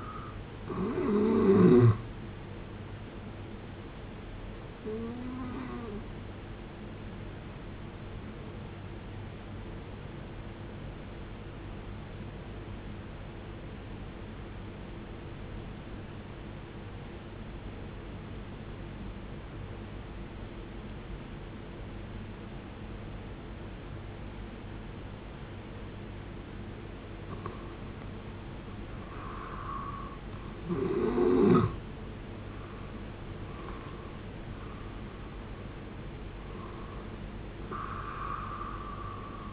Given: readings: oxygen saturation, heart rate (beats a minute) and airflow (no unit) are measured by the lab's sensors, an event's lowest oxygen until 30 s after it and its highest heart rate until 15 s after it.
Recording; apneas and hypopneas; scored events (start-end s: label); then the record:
breathing in sleep by a voice recorder at the bedside; 1
0.00-3.00 s: awake
13.00-31.60 s: obstructive apnea (N1, oxygen 95% highest, then 91% lowest, heart rate 55 at the start, 80 highest)
From the record:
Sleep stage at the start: N1 (lightest sleep); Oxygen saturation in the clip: 87 to 95%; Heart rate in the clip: 55 to 78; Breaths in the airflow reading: 5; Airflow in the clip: -13.1 to 15.0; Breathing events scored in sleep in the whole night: 389 in 6.3 hours asleep